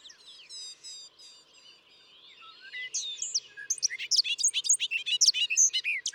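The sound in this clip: Bobolink song: faint, scratchy notes at first, then a loud, hurried cascade of bright, bubbly, banjo-like notes through the second half.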